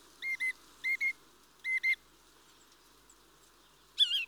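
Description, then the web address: Mistle thrush calls: three pairs of short clipped notes, then a single louder, wavering note after a pause. "BBC Sound Effects Library Birds Mistle Thrush (Turdus Viscivorus)"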